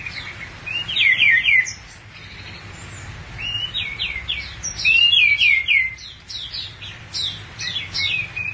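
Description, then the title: Thrush singing a continuous medley of high, slurred whistles and quick chirped notes in overlapping phrases. "burung anis x"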